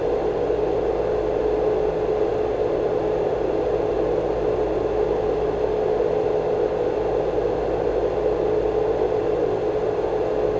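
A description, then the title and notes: A soft fan whirs steadily inside a vintage sleep machine, a constant hushing rush with a faint low hum and a thin mid tone running throughout. Vintage Sleep Machine. The Sleep-Mate, a rotatable dish that conceals a soft whirring fan. The gentle ambient hum and unique compact design of this mid-century sleep sound device. The soft, airy sound of this simple analog invention.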